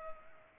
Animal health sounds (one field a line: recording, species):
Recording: mosquito wingbeat signal from an infrared sensor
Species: Culex pipiens